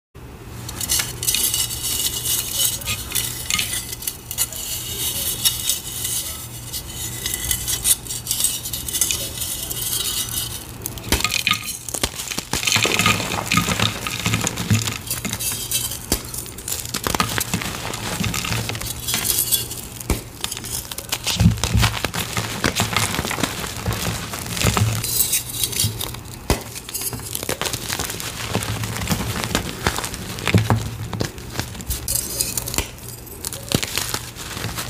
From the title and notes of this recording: Carving gym chalk asmr.